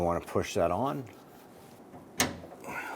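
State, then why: Seated. A plastic high-pressure fuel line quick connector is pushed onto the metal port of the fuel pump tank on a 1994–2004 Ford Mustang. Someone talks, then a sharp snap at 2.2 s shows the connector has seated on the port.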